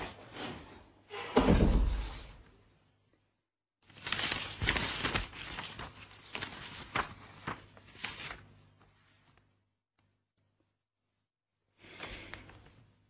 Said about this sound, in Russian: Прикрой, пожалуйста, дверь. Прикрой.